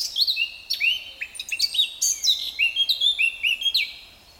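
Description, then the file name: Eurasian blackcap song: brisk, twittering phrases of clear whistles delivered in a quick, even string before fading out. "Sylvia atricapilla"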